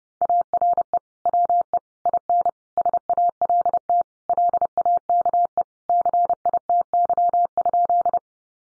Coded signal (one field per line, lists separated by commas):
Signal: Morse code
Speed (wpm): 30 wpm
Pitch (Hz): 700 Hz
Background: none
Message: ARE WE IN SALT LAKE CITY?